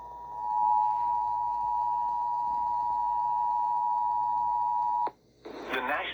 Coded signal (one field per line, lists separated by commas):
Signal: Emergency Alert System (SAME) tones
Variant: 853 and 960 Hz attention tone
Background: speech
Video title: EAS #22 Severe Thunderstorm Warning